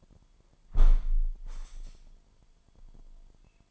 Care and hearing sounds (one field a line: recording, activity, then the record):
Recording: daily activity, microphone in the room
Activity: close window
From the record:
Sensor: 5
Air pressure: 998.0 hPa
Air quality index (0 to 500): 97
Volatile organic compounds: 2 ppm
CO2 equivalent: 1114 ppm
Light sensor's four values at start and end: 26/64/26/29 and 26/64/26/29